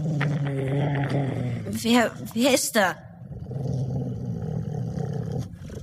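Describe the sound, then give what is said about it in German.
A man speaks, then a dog lets out a few short, harsh growling snarls in quick bursts before talking resumes over a low, steady background rumble. “Wer Sie auch sind, kommen Sie lieber raus, sonst beißt mein Hund Sie tot.”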